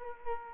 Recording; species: mosquito wingbeat signal from an infrared sensor; Culex quinquefasciatus